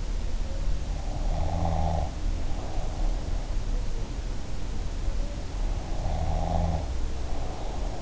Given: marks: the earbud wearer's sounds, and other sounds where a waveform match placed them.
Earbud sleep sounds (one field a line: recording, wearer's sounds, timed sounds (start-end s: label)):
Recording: sounds in sleep by an in-ear microphone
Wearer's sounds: snoring breath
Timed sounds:
0.99-3.15 s: snoring breath
6.07-8.02 s: snoring breath